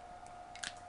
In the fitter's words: Make sure it clicks. If you don't make it click, it'll dry out on you.